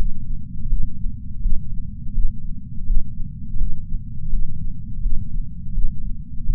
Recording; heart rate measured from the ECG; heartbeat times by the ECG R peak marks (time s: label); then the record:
heart sounds by patch sensor on the chest; 83 bpm
0.71 s: heartbeat
1.43 s: heartbeat
2.15 s: heartbeat
2.87 s: heartbeat
3.60 s: heartbeat
4.32 s: heartbeat
5.03 s: heartbeat
5.75 s: heartbeat
6.46 s: heartbeat
From the record:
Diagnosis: coronary artery disease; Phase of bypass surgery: postoperative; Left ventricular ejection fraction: 63%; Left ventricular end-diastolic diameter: 47 mm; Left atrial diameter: 42 mm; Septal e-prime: 6.9 cm/s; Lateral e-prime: 10.4 cm/s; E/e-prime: 10.3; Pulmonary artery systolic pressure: 20 mmHg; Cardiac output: 7.8 L/min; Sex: female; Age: 70 years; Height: 164 cm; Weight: 70 kg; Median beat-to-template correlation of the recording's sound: 0.88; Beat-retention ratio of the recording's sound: 1.00